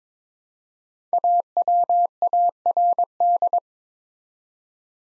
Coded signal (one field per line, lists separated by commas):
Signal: Morse code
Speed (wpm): 22 wpm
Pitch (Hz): 700 Hz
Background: none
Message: AWARD